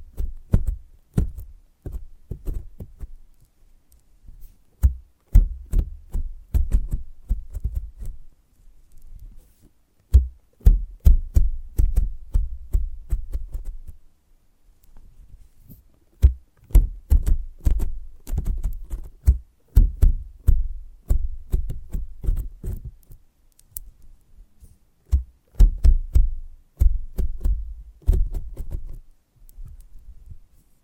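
Sensitive ASMR triggers with no talking: quick, crisp taps and clicks in dense bursts, each with a soft low thump and a bright edge. The rhythm is irregular, with short pauses near 10, 15 and 25 seconds before the tapping resumes.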